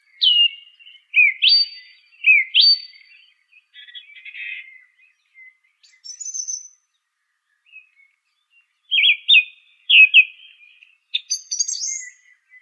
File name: suara-kicauan-burung-song-thrush omkicau